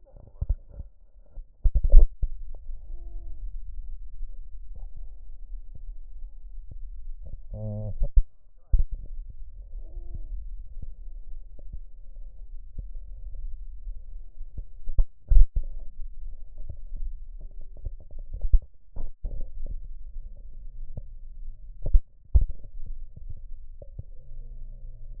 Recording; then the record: lung sounds by stethoscope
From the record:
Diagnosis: chronic bronchitis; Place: left posterior upper chest